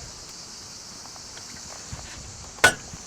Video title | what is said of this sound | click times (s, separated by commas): Tutoriel Installation Kit Panneaux Solaires Autoconsommation sur Toiture Soi-Même : Sunethic 2026 | voilà on entend ça en général c'est que c'est bon c'est clipsé on continue de long | 2.6 s